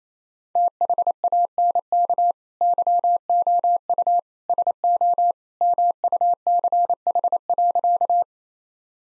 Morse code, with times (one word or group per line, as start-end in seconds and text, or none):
0.6-2.3 THANK
2.6-4.2 YOU
4.5-5.3 SO
5.6-8.2 MUCH.